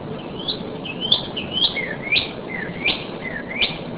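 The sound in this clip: Northern cardinal song: rapid whistled notes, some rising and others sliding sharply down, given in a lively series about two per second against a faint hiss.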